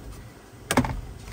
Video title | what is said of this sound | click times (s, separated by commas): How to Install a 10.1” Touchscreen in a Honda Civic | and it will just pop right off so actually this whole piece | 0.7 s